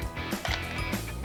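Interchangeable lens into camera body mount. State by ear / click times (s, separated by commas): not seated / none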